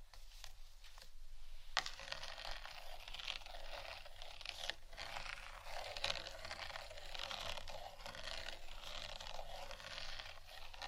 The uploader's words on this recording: ASMR Intense Scratching. (No Talking).